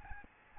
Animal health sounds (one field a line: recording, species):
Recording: mosquito wingbeat signal from an infrared sensor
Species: Aedes albopictus